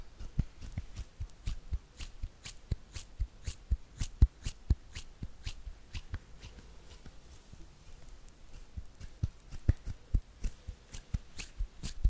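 Hand sounds: a run of sharp, dry taps and light slaps, some rapid and bunched, others spaced apart. The hits thin out around the middle, then pick up again near the end. A faint low hum sits underneath throughout.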